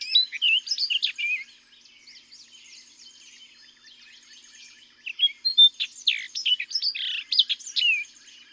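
Orchard oriole singing two rich, jumbled phrases of whistles and chatters, separated by a quiet stretch where a faint, thin, high twittering carries on.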